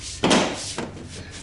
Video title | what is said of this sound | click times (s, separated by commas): Toyota Xenon Headlight Replacement | just pops into place and i got a screw that's going to go up here | 0.2 s